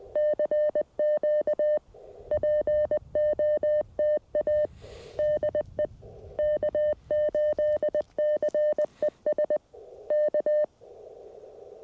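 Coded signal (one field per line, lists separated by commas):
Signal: Morse code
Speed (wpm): 20 wpm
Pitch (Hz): 600 Hz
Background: none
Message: CQ POTA DE K8CES K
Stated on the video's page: CW sent with a 1928 Vibroplex Lightning bug during a cold-weather QRP park activation; imperfect bug fist.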